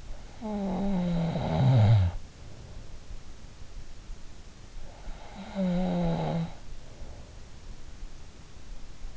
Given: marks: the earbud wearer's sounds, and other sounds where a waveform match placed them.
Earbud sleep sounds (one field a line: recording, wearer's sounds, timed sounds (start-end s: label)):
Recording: sounds in sleep by an in-ear microphone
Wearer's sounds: snoring breath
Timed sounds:
0.00-2.79 s: snoring breath
4.62-7.14 s: snoring breath